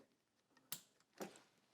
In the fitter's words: and locks in place